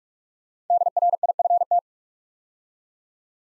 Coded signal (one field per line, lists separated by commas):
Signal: Morse code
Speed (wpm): 44 wpm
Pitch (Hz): 700 Hz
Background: none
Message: DRIFT